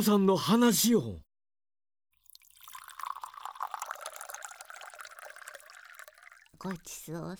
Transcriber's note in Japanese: 食後のお茶を注ぐ音